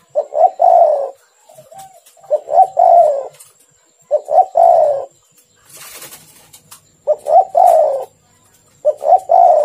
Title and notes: Tekukur. Kicau Burung